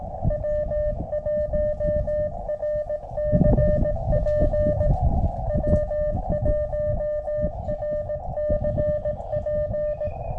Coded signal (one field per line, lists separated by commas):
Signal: Morse code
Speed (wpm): 18 wpm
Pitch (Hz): 600 Hz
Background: none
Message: W1RCP W1RCP